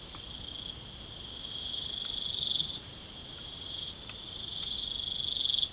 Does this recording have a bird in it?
no